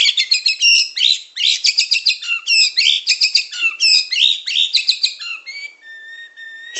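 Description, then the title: Bird song in a fast, continuous torrent of chirps and trills, with bursts repeated several times a second, ending in a few long, steady whistled notes. Masteran song-training material for songbirds. "Kicau Burung Masteran Lengkap"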